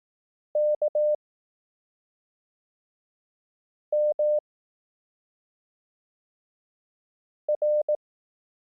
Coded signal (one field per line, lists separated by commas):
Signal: Morse code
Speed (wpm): 18 wpm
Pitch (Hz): 600 Hz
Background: none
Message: K M R